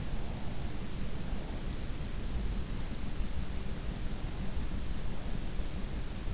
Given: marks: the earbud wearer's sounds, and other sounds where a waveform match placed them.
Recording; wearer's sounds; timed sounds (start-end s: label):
sounds in sleep by an in-ear microphone; breath
0.14-1.64 s: breath